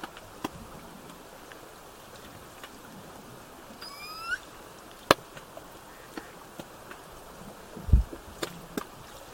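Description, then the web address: Killer whale call: a single rising, harmonic tonal call of about half a second, sweeping upward, with scattered sharp clicks and steady underwater background noise. Southern Resident killer whales with a calf present, recorded 17 September 2024 in bouts between 16:32 and 17:50. "biophony SRKW bouts 240917-1700-OS-L 90 calf 240917-1632-1750-OS-L 90 calf"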